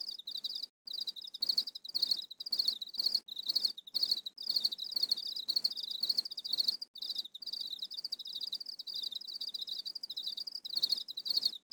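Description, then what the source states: Crickets chirping in a dense, overlapping chorus: rapid pulsed trills packed into short bursts, about two bursts a second, with brief gaps, steady throughout. A barrage of many crickets chirping together.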